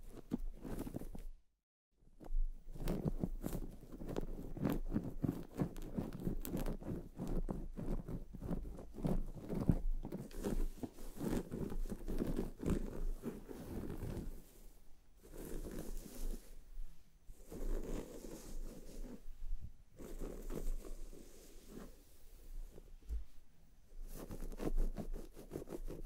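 Fingers massage a scalp and a brush works through hair, dense rustling scratches with brief pauses near two, fifteen and twenty seconds.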